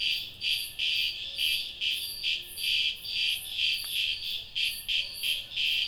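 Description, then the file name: Cicada call: high, harsh buzzing throbs, about two to three a second, evenly sustained across the whole stretch. "cigarras"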